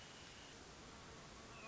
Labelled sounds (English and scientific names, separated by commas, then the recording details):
Hermit Thrush (Catharus guttatus)
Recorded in Sonoma County, California